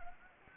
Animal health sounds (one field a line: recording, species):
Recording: mosquito wingbeat signal from an infrared sensor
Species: Anopheles gambiae